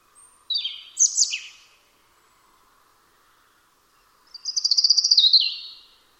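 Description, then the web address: European robin song: a brief cluster of high sliding notes, a pause of a few seconds, then a fast, sparkling trill that falls slightly at the end. "Deverinetal 2025 File origin Bird Only Er Ru"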